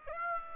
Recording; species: mosquito wingbeat signal from an infrared sensor; Aedes aegypti